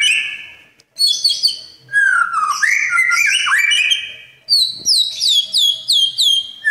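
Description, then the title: Oriental magpie-robin song of varied whistles and warbled slurs, then a series of sharp, repeated downslurred chirps. "Kicau Kacer"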